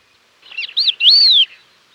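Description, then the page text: Crested lark giving one sweet whistled call: a short up-and-down note, then a long clear whistle that slides gently downward. "Crested Lark Calls. Quick Sounds"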